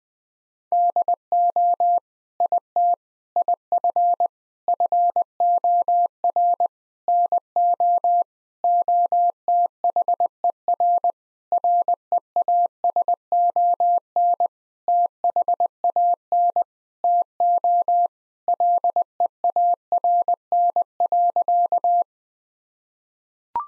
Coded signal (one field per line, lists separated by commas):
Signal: Morse code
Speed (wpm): 20 wpm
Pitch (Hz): 700 Hz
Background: none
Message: DO IT IF FOR NO OTHER REASON THAN TO LEARN.